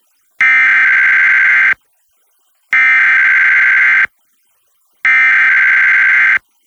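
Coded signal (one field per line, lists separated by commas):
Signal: Emergency Alert System (SAME) tones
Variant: header bursts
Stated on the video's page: Required Monthly Test relayed by an FM station, recorded from a stereo onto a portable audio recorder.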